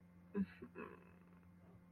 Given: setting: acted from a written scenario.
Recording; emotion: vocal sound without words; embarrassment